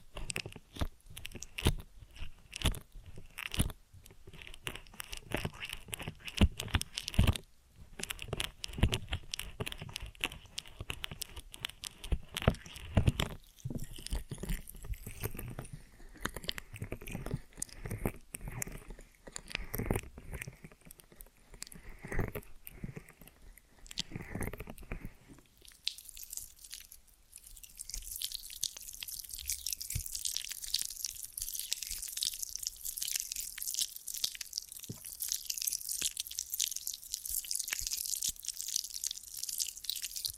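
Ear and scalp massage with cleaning sounds: for the first twenty-five seconds, dense, irregular crackling taps and rubbing strokes come in quick bursts. After that the sound turns to a steady, bright, hissy scratching with little low end, continuing to the end.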